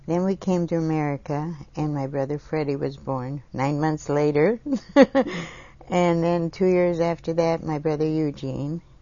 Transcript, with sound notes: Then we came to America and my brother Freddie was born. Nine months later. (laughs) And then two years after, my brother Eugene.